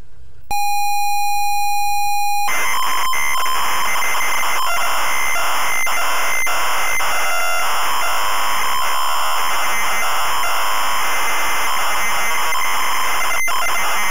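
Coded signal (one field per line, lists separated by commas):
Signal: ZX Spectrum tape loading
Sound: short steady buzzy lead tone, then continuous harsh screeching data noise to the end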